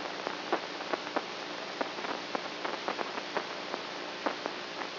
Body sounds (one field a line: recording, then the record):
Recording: brain microelectrode recording played as sound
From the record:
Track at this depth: outside the subthalamic nucleus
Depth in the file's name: 5.001 mm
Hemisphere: right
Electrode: 3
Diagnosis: Parkinson's disease